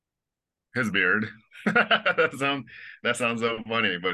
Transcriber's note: laughter